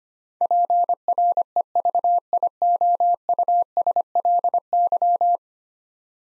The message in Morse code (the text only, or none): PREVIOUSLY